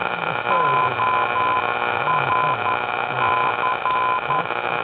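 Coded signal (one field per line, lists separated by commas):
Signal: Morse code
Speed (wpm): 11 wpm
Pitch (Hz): 1020 Hz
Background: none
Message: ORC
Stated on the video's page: Morse heard on the AM band, apparently a beacon repeating the same identifier.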